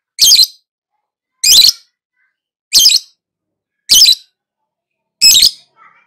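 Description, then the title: Lovebird giving harsh, shrill screeching chirps, one short burst a little over every second, five in all, with silence between. Recording used as a lure (pancingan) to prompt a lovebird to respond and sing vigorously (gacor). "Pancingan Lovebird Agar Nyaut GACOR."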